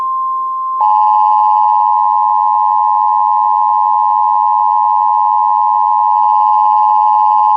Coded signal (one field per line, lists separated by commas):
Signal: Emergency Alert System (SAME) tones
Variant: 853 and 960 Hz attention tone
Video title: TFT EAS 911I In Action!